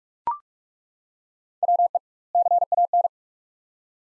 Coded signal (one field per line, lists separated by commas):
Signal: Morse code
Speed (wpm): 41 wpm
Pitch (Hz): 700 Hz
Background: none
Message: WE CAN